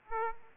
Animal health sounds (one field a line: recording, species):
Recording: mosquito wingbeat signal from an infrared sensor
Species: Aedes aegypti